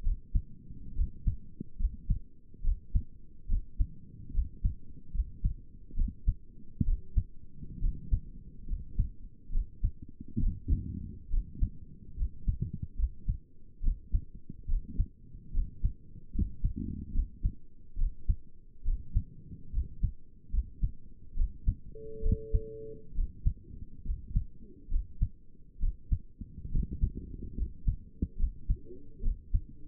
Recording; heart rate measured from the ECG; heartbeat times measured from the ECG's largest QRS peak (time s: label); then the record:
heart sounds by stethoscope; 70 bpm
0.04 s: heartbeat
0.96 s: heartbeat
1.79 s: heartbeat
2.64 s: heartbeat
3.49 s: heartbeat
4.34 s: heartbeat
5.14 s: heartbeat
5.97 s: heartbeat
6.86 s: heartbeat
7.82 s: heartbeat
8.68 s: heartbeat
9.53 s: heartbeat
10.41 s: heartbeat
11.31 s: heartbeat
12.18 s: heartbeat
12.98 s: heartbeat
13.84 s: heartbeat
14.69 s: heartbeat
15.54 s: heartbeat
16.34 s: heartbeat
17.14 s: heartbeat
17.99 s: heartbeat
18.85 s: heartbeat
19.73 s: heartbeat
20.53 s: heartbeat
21.37 s: heartbeat
22.23 s: heartbeat
23.16 s: heartbeat
24.06 s: heartbeat
24.91 s: heartbeat
25.81 s: heartbeat
26.72 s: heartbeat
27.57 s: heartbeat
28.39 s: heartbeat
29.23 s: heartbeat
From the record:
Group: healthy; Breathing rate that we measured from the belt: 16 breaths a minute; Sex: male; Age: 22 years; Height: 181 cm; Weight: 79 kg